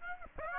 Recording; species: mosquito wingbeat signal from an infrared sensor; Aedes aegypti